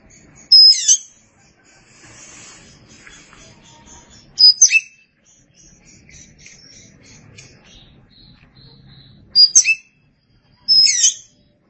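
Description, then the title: Oriental magpie-robin uttering four short, high, piercing notes at irregular intervals, with soft rustling and faint twitters between. Chirping song. "Suara Kicauan Burung Kacer"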